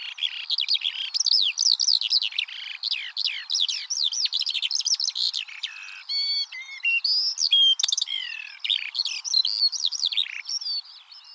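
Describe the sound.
Eurasian skylark singing a long unbroken warble of fast twittering notes, rising whistles and brief buzzy trills, sustained throughout.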